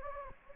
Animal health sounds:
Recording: mosquito wingbeat signal from an infrared sensor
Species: Anopheles gambiae

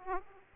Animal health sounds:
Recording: mosquito wingbeat signal from an infrared sensor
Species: Aedes aegypti

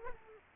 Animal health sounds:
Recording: mosquito wingbeat signal from an infrared sensor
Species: Aedes aegypti

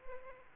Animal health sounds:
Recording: mosquito wingbeat signal from an infrared sensor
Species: Culex pipiens

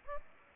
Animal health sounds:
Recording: mosquito wingbeat signal from an infrared sensor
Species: Aedes aegypti

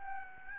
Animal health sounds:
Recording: mosquito wingbeat signal from an infrared sensor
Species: Aedes albopictus

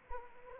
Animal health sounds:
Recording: mosquito wingbeat signal from an infrared sensor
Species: Anopheles arabiensis

